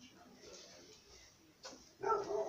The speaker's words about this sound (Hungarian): Mit ugat a kutya, megnézte?